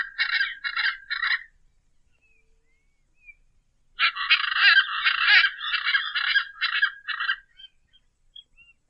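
Hyacinth Macaw uttering two bursts of coarse, raspy squawks, a short quick series followed after a few seconds of quiet by a longer run.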